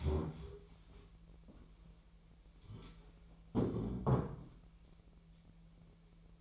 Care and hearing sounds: daily activity, microphone in the room; stand up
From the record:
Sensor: 1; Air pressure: 1001.9 hPa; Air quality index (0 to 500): 246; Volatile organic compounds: 114 ppm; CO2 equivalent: 3840 ppm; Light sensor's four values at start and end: 11/27/11/13 and 11/26/11/12

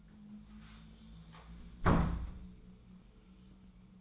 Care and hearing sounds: daily activity, microphone in the room; close door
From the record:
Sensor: 1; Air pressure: 1005.0 hPa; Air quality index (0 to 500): 84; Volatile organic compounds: 2 ppm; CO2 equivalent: 1130 ppm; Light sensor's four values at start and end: 10/23/9/10 and 9/23/9/10

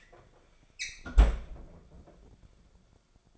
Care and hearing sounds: daily activity, microphone in the room; close fridge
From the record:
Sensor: 5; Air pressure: 1004.7 hPa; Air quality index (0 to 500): 157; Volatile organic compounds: 3 ppm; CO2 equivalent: 1482 ppm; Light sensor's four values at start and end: 23/54/21/20 and 21/49/19/18

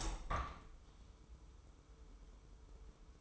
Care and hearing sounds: daily activity, microphone in the room; open window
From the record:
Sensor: 1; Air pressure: 995.8 hPa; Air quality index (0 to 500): 46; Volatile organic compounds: 1 ppm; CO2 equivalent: 813 ppm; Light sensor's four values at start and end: 30/103/39/41 and 31/105/40/42

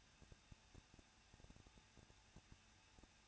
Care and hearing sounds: daily activity, microphone in the room; no activity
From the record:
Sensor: 2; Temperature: 21.0 degrees Celsius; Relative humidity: 37.3%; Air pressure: 1006.2 hPa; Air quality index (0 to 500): 221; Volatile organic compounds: 23 ppm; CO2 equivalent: 2796 ppm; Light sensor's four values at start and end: 2/3/2/2 and 2/3/2/2

